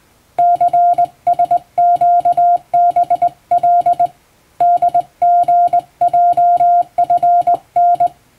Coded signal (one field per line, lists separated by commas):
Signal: Morse code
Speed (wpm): 21 wpm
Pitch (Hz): 700 Hz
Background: music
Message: CSQBL DGJFN